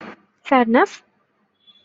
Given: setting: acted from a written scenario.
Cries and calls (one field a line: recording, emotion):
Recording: vocal sound without words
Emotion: sadness